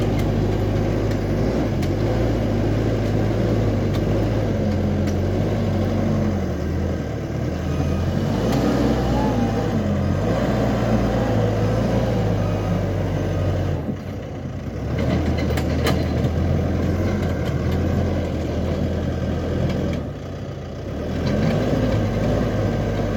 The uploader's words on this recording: There’s a Digger on my Land! Watching this digger (non brand-name JCB) make a track and sharka on my land. Barrow loads of earth moved.